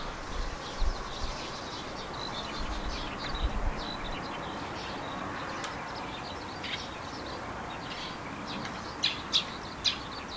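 Birds chirp in short bright bursts over a steady hiss, with louder calls near one, three and after nine seconds, plus low rumbles.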